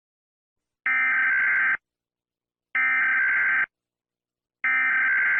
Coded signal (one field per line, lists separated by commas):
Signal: Emergency Alert System (SAME) tones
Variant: header bursts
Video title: This is a test of the emergency alert system